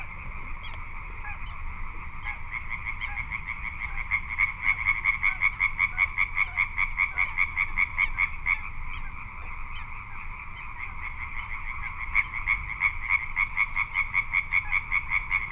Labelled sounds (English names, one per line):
Little Crake